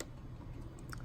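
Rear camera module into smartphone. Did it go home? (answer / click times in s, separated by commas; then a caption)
yes / 0.0 s, 0.9 s. A rear camera module for a Motorola Moto G6 Play is pressed into the smartphone's board/frame during a screen, charging port and battery repair. Short sharp clicks are heard at 0.0 and 0.9 seconds over a low steady hum, with fainter ticks between them. The rear camera module is seated.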